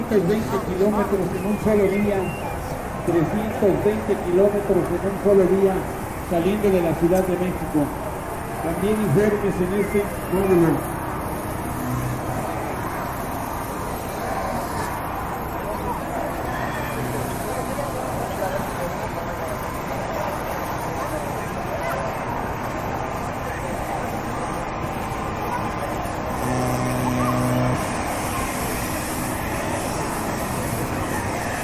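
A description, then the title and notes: City ambience with a steady low rumble of traffic throughout. For the first ten seconds a voice speaks over the hum, then the street noise carries on alone, with a brief tonal sound near twenty-seven seconds. CITY SOUNDS AMBIENCE.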